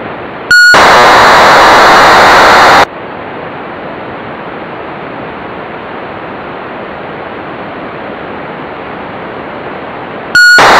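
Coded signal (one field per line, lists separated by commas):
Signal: HF data modem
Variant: HFDL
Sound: brief steady tone, then a two-second harsh hissing data burst, another starts at the end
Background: radio static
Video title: Decoding HFDL with PC-HFDL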